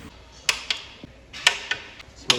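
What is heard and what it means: A torque wrench tightens bolts to the specified torque during assembly of a MAN D2866 engine. Short, sharp clicks ring out at 0.5 s, 1.5 s and 2.3 s, each followed by a softer tick about a quarter second later, showing the wrench reaching its setting each time.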